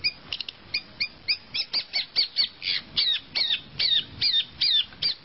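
Long-tailed shrike song as a steady series of harsh, chattering notes repeated a little over twice per second, each note scratchy and slightly down-slurred.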